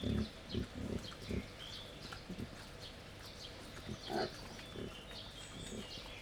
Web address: allathangok jaszberenyizoo 2015 professzionalis vaddiszno teritettasztal c 05 01